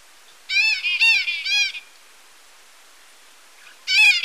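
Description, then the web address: White-capped parrot calls, a run of three rasping, nasal squawks with rich harmonics, then a pause and another squawk. Ecuador. "Birds of Ecuador. White-capped Parrot"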